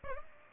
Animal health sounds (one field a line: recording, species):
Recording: mosquito wingbeat signal from an infrared sensor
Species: Aedes aegypti